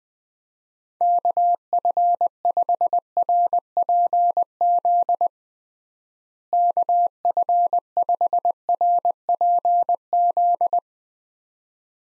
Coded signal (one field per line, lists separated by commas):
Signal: Morse code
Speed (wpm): 20 wpm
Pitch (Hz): 700 Hz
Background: none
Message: KF5RPZ KF5RPZ